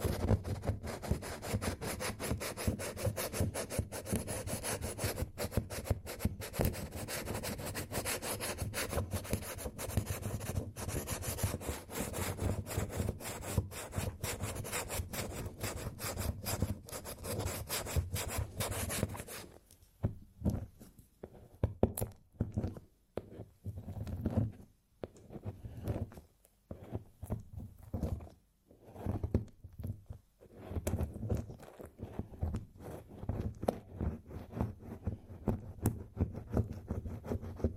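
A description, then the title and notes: Candle wax being scraped off with steady, dense scratching strokes for the first twenty seconds, a continuous gritty rasp. After that the scraping turns thinner and broken up, with short strokes separated by brief pauses, mostly duller and lower. TimASMR-Scraping Off Candle Wax Satisfying Scratching Sounds. (NO TALKING).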